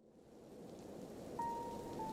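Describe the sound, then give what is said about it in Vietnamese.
Heavy rain pours in a dense, steady roar with a gusty rushing undertone, and a thin, steady whistling tone joins in over the second half. No voices. “Bên ngoài trời, gió thổi càng lúc càng mạnh, mưa to gió lớn thổi tới ùn ùn.”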